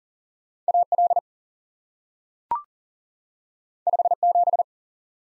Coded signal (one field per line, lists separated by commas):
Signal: Morse code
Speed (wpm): 40 wpm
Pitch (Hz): 700 Hz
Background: none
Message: A L 5 7